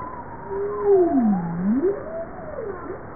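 Bowhead whale moan, a tonal call sweeping down from mid pitch to a low dip, rising again, then wavering, with a fainter higher tone above and steady background hiss.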